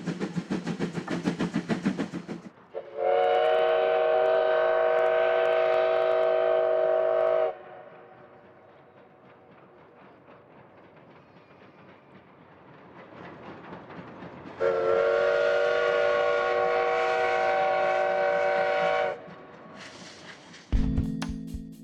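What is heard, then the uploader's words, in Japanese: A steam locomotive on a mainline railway sounds its whistle twice in long, loud blasts, one around three to seven seconds and another from about fifteen to nineteen seconds. Between them the train rumbles and chuffs more quietly, with a short hiss and clank near the end. 大井川鐵道・本線を走るC10,C11,C12牽引の「かわね路号」や臨時SL急行です。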